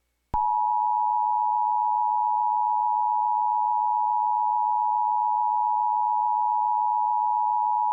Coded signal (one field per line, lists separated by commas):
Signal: Emergency Alert System (SAME) tones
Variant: 853 and 960 Hz attention tone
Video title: Columbia Basin Event (EAS Scenario)